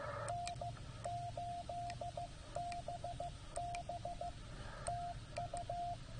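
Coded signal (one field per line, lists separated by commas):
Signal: Morse code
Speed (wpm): 15 wpm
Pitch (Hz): 700 Hz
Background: radio noise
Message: N8BB TU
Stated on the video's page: CW Parks on the Air activation, transmitted on a Penntek TR45L radio powered by a 12 V battery.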